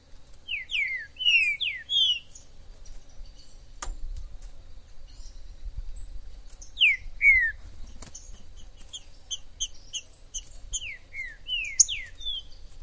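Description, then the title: Green-winged saltator song: short phrases of several loud, slurred whistles with pauses between, plus faint high chirps and a sharp click. Wild bird singing in the forest, calling, singing and displaying as a male in a contest, used to stimulate a pet saltator; called Major. "ESQUENTAR Seu TRINCA Piando, Cantando E Macheando Na DISPUTA. TRINCA FERRO no MATO. Trinca ferro MAJOR no MATO"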